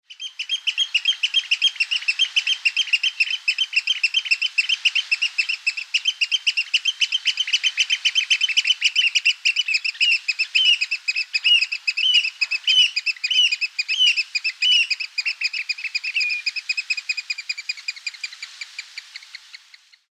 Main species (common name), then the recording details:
Eurasian Oystercatcher. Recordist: Tembrock, Günter. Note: Rufe